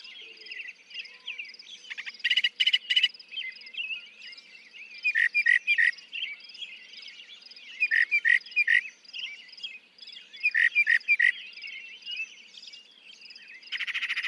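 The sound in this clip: Northern mockingbird song, varied phrases in repeated bursts of rapid buzzy and chattering notes, with quieter warbling between bursts.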